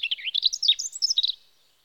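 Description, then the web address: European robin song, a fast cascade of sweet, high warbled and trilled notes. Recorded in spring. "BBC Sound Effects Library. Robin (Erithacus Rubecula) Spring"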